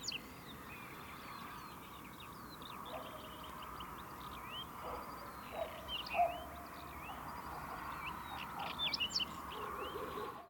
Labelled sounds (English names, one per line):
Whinchat song